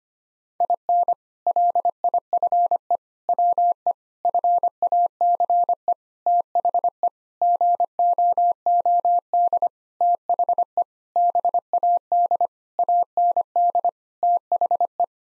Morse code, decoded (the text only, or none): IN LIFE WE FACE THE GOOD THE BAD AND THE